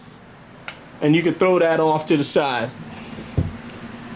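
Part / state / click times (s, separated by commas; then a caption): side panel latch on a desktop PC case / released / 0.7 s. The side panel latch of a desktop PC case releases with a short, sharp click at 0.7 s as the panel is slid back and comes free. Someone then talks. A fainter knock follows near 3.4 s.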